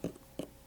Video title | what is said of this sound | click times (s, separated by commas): Switching out polyurethane bushings in QA1 coilovers and shocks to a spherical bearing | Hear that click? Pop right in. | 0.0 s, 0.4 s